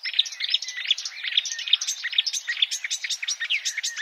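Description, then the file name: Marsh warbler song, a busy jumble of chirps, buzzes and brief whistled notes delivered without pause. "suara-kicauan-burung-marsh-warbler omkicau"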